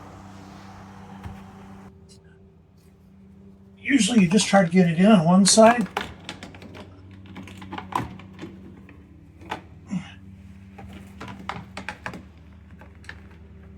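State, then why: Not seated. A plastic cover or glovebox side clip on a 2015 Honda Accord is being handled into its dashboard or housing catch, fitted first on one side before being pushed over on the other. Someone talks over a loud burst of speech around 4–6 seconds, followed by scattered light plastic taps and knocks. Nothing has seated or clicked into place yet by the end of the clip.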